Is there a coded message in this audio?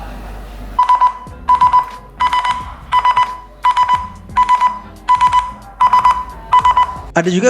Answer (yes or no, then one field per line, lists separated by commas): no